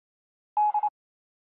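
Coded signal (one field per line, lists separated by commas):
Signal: none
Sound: ATC software alert beeps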